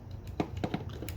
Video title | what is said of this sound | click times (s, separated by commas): Edoggz Reviews: Titan Returns Wolfwire and Monxo ( G1 Weirdwolf ) | That's the click. | 0.4 s